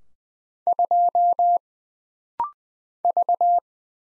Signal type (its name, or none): Morse code